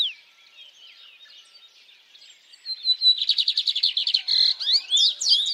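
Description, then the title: Bird song rising from faint warbles into a fast, loud trill of repeated high notes, followed by sweeping chirps. Birds singing at dawn. "Pássaros Cantando No Amanhecer"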